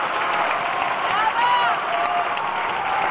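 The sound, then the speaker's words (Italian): A dense street crowd in Rome, along Via del Corso, Via Fontanella Borghese and Via dell'Orso, greets the Pope as he passes from the Quirinale to the Vatican Basilica. It roars with cheers and scattered shouts, including shouts against the police and the Jesuits, broken by a burst of applause, loud and steady throughout. “Ma da segnalare che si sono sentite anche grida contro la polizia e i gesuiti.”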